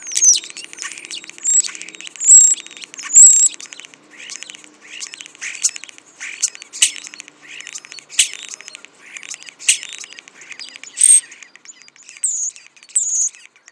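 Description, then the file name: Common starling song, a continuous jumble of rattling, crackly notes mixed with sharp whistles and squeaky phrases, with repeated loud bursts. "Spreeuw"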